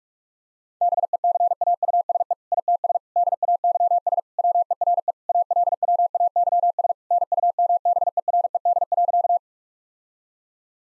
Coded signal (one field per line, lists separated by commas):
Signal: Morse code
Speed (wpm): 46 wpm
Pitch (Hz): 700 Hz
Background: none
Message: BECAUSE ITS DAYS WERE ALWAYS NUMBERED.